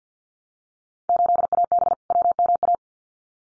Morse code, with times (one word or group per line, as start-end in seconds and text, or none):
1.1-1.9 8AB
2.1-2.8 WMA